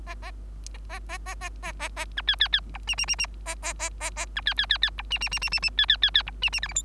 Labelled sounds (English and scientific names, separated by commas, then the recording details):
Bengalese Finch (Lonchura striata domestica) song
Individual Bird3